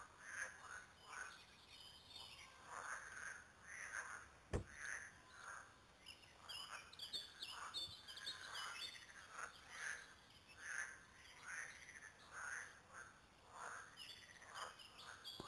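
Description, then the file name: Frogs croaking in a steady irregular chorus of short raspy notes, with birds chirping and whistling higher above. Several frogs recorded at Lüssow. "luessow froesche"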